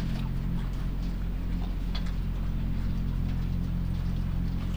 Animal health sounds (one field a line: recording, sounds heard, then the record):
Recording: poultry house recording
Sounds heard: sick chickens (respiratory disease)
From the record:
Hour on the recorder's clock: 23